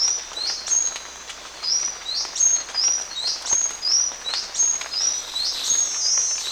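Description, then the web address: Buff-tailed sicklebill calling: high, sharp hooked notes in a long series, with soft environmental noise behind. Recorded in Ecuador. "Birds of Ecuador. Buff-Tailed Sicklebill"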